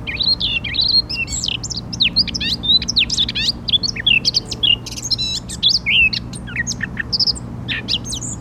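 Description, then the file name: Eurasian blackcap warbling song, a long, dense stream of varied scratchy and squeaky notes running continuously for about eight seconds. "Sylvia atricapilla"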